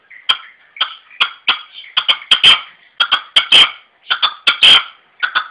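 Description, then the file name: Red-legged partridge uttering uneven series of scratchy chuck notes, some louder and rasping, spaced irregularly. "perdiz roja-sonido"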